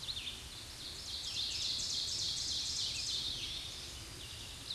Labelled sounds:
Ovenbird song
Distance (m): 40 m
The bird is about 5 m above the microphone
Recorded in a Pennsylvania forest on 16 May 2024 at 06:51
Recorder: AudioMoth, point MSD-2146
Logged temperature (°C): 16.7 °C
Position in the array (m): 138 m, 30 m

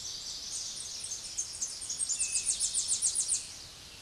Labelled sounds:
Tennessee Warbler song
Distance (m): 30 m
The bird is about 20 m above the microphone
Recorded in a Pennsylvania forest on 16 May 2024 at 06:16
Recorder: AudioMoth, point MSD-2349
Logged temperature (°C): 15.8 °C
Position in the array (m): 33 m, 57 m

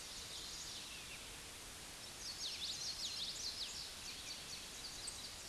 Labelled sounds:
Common Yellowthroat song
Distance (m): 55 m
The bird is about 10 m above the microphone
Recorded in a Pennsylvania forest on 16 May 2024 at 06:16
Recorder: AudioMoth, point MSD-1307
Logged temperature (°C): 16.6 °C
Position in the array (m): 243 m, 171 m

